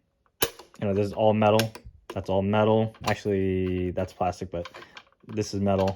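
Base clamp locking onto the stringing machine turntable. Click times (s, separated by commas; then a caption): 0.4 s. A metal base clamp on a Wilson Baiardo tennis racket stringing machine is locked down onto the turntable, giving a sharp click at 0.4 seconds. After that, someone talks while the clamp stays firmly seated.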